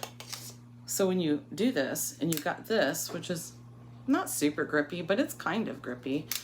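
Someone talks while handling a plastic twist-mop wringer ratchet on a mop handle, with two brief sharp taps near 0.0 and 0.2 seconds. Nothing has clicked or seated yet; the ratchet has not yet clicked through its teeth to lock the mop head in the wrung position.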